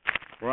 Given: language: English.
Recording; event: throat vibration sensor signal played as sound; speech